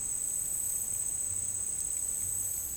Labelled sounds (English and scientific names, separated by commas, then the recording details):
none
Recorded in dense forest near Puerto Asís, Putumayo, Colombia, on 27 June 2025 at 15:30
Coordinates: 0.503, -76.323
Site G059